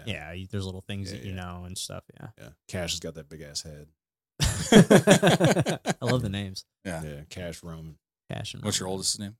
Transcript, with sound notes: Yeah, there's little things that you know and stuff, yeah.
Cash has got that big ass head. (laughing)
I love the names.
Yeah, cash room.
What's your oldest name?